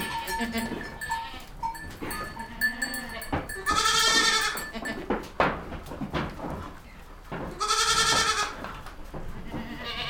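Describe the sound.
Goats bleating in a stable, two long loud wavering bleats near four and eight seconds among several shorter bleats and clattering knocks.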